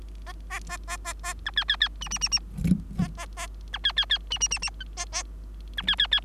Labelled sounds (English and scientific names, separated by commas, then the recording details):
Bengalese Finch (Lonchura striata domestica) song
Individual Bird3